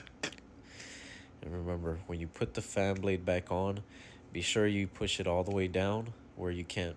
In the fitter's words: you are putting that little bracket on correctly you'll hear the clicks on it it'll just go